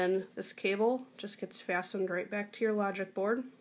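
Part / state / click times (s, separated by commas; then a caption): camera flex connector into phone logic board / not seated / none. Someone talks throughout while handling an iPhone 4 rear camera flex cable connector as it is brought back to the phone's logic board. The clip ends before the connector is pressed home, so nothing has seated or clicked yet.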